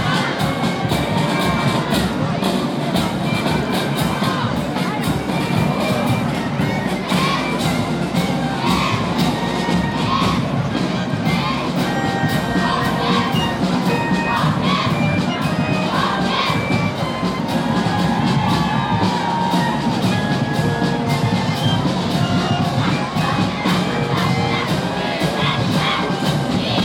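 A cheering children's parade fills the whole stretch with steady, dense shouting and chatter, while brass notes from a marching band poke through.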